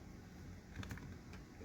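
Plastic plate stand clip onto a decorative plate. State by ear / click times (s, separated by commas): not seated / none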